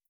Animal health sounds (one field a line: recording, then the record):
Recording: hydrophone in a shrimp aquaculture tank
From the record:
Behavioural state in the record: feeding